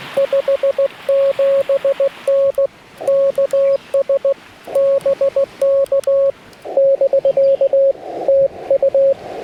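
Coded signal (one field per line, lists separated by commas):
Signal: Morse code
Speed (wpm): 17 wpm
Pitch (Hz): 550 Hz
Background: none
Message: 57N KS BK <BK> TU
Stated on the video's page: CW POTA park activation on a Yaesu FT-891 at 25 watts, with US Morse paddles and a 17-ft whip on a tripod.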